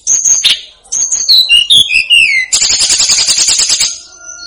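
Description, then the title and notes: Snowy-browed flycatcher: a few high thin whistles sliding downward, then a fast buzzy trill of rapidly repeated notes that fades out. "Masteran Tledekan Gunung Sikatan Gunung. BURUNG TLEDEKAN"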